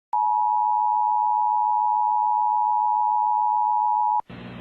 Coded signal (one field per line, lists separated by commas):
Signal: Emergency Alert System (SAME) tones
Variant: 853 and 960 Hz attention tone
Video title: AR SVR EAS #519